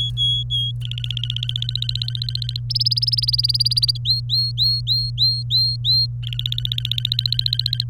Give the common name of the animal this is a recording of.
Domestic Canary